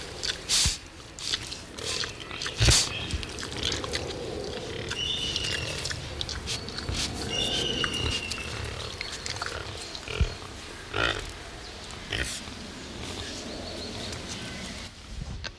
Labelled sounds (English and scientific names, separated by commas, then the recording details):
Collared Peccary (Pecari tajacu)
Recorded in captivity
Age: adult
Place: Zoo Berlin, Berlin, DE
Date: 1993-10-16 10:25
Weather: heiter,3-8°C
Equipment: Marantz CP 430, Sennheiser MKH 416 T, Kopie Uher Variocord 263
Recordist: Tembrock, Günter